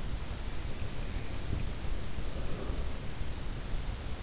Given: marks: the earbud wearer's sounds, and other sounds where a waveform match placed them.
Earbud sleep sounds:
sounds in sleep by an in-ear microphone; breath
0.62-3.53 s: breath

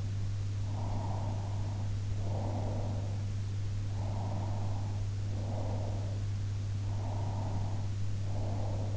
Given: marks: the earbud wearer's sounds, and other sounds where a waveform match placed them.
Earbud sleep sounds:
sounds in sleep by an in-ear microphone; breath
0.75-2.97 s: breath
4.05-6.22 s: breath
6.89-8.97 s: breath

